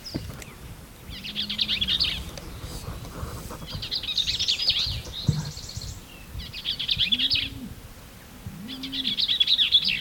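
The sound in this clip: Bell's vireo: four chattering, buzzy, jumbled phrases spaced about two to three seconds apart, accompanied by a low hum.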